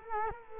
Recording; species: mosquito wingbeat signal from an infrared sensor; Culex quinquefasciatus